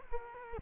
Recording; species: mosquito wingbeat signal from an infrared sensor; Culex quinquefasciatus